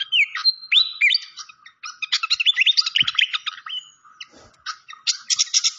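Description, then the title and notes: Malaysian pied fantail song: squeaky rising and falling whistles followed by rapid chattering chips, with short gaps, ending in a high chirpy burst. Clear-voiced song used for training cage birds, mixed with the sound of flowing water. "Masteran Sikatan Kipas Suara Jernih Dan Suara Gemericik Air. Suara Burung Sikatan Londo"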